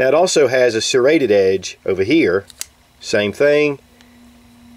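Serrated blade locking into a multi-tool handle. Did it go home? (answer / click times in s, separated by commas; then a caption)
yes / 4.0 s. Someone talks while the serrated blade of a SOG Power Assist folding multi-tool is swung open. At 4.0 s it snaps into its locked position in the handle with a small metal click, and it stays held there until a release button is pressed.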